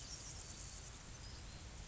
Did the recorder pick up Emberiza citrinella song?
no